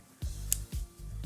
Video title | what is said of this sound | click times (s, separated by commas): The Best Vintage FD Lens to RF Adapter | now it's locked into place and then you take this | 0.5 s